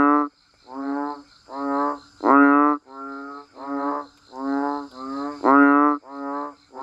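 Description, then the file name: Banded bullfrog giving a run of short nasal honks with brief gaps, two notably louder croaks standing out among softer ones. "Tieng enh uong keu"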